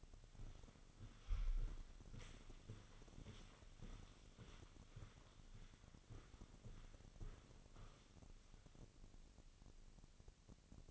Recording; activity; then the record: daily activity, microphone in the room; walk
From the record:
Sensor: 4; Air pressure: 1010.1 hPa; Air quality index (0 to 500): 173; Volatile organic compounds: 2 ppm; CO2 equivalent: 1255 ppm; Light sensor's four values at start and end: 59/146/61/67 and 59/147/62/68